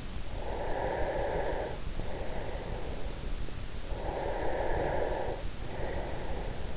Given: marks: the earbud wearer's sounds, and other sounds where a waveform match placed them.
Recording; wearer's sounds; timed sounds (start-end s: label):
sounds in sleep by an in-ear microphone; breath
0.22-3.30 s: breath
3.57-6.77 s: breath